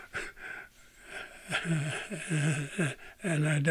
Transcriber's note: he laughs